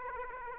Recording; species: mosquito wingbeat signal from an infrared sensor; Aedes aegypti